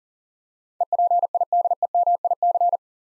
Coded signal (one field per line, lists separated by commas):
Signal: Morse code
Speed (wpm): 40 wpm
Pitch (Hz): 700 Hz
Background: none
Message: EPIDEMIC